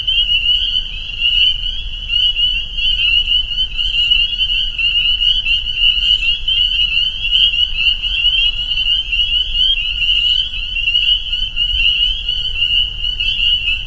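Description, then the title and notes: Spring peeper chorus: many shrill peeps blending into a continuous ringing drone throughout, over faint low background rumble. Chorus at a pond on private property in northern Vermont, recorded as a soundscape. "Peepers. a soundscape recorded at the peeper pond on our friends' property in northern Vermont"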